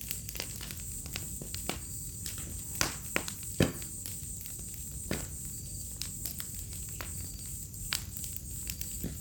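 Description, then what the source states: Crickets chirping as a steady, high continuous trill throughout, with sharp pops and crackles of a burning fire scattered over it and a low rumbling background. Chorus of crickets on an autumn night beside a crackling bonfire, in a village within the Mata Atlântica rainforest.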